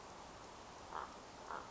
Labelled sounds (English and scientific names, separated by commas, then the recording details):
Common Raven (Corvus corax)
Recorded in Sonoma County, California